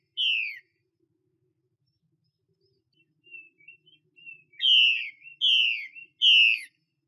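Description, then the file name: Chinese hwamei whistling: one loud downslurred whistle, a pause with a few soft notes, then three loud falling whistles in quick succession. Female bird. "Tieng chim hoa mi mai xuy"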